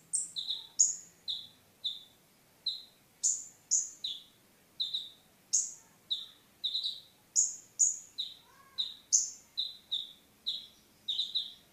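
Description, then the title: Oriental magpie-robin song: evenly paced two-part chirps, a high note dropping to a lower one, repeated many times. Singing (kicau). "Kicau Kacer"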